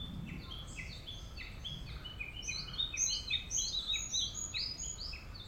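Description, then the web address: Birds giving rapid high chirps, several callers overlapping and growing louder midway, over faint low rumble. "yacho koe 190614"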